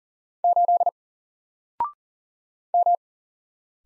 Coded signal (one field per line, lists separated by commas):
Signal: Morse code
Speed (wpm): 40 wpm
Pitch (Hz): 700 Hz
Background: none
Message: 8 M